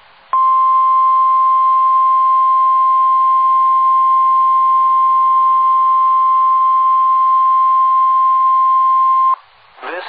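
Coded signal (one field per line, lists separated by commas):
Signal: Emergency Alert System (SAME) tones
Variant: 1050 Hz attention tone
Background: speech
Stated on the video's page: EAS alerts including Great ShakeOut earthquake drill.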